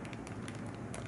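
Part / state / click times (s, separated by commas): plastic battery cover onto mobile phone body / partly seated / 0.0 s, 0.1 s, 0.3 s, 0.5 s, 0.9 s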